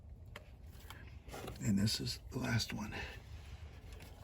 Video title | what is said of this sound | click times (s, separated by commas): How to Replace Coil Pack Chrysler Town & Country | This one goes over here, clicks in. | 0.4 s